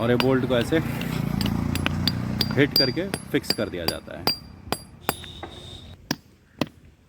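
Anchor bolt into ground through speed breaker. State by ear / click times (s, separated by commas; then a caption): partly seated / 4.7 s, 5.1 s, 6.1 s, 6.6 s. A steel anchor bolt is hammered through a rubber speed breaker into the ground while someone talks over music. Sharp metallic hammer strikes ring out, with the loudest at 4.7, 5.1, 6.1 and 6.6 seconds. The bolt is not yet fully driven home or tight.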